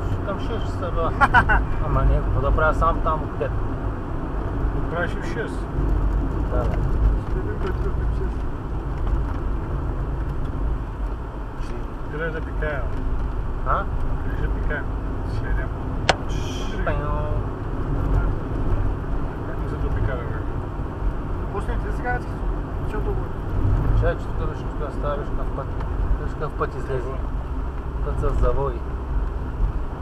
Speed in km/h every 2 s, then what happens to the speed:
68, 68, 67, 52, 36, 41, 44, 49, 55, 54, 56, 54, 51, 40, 34.
4-8 brakes to 36. 8-16 speeds up to 55. 20-27 slows to 34.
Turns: 6-10.